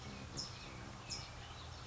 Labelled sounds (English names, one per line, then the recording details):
California Towhee
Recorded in Sonoma County, California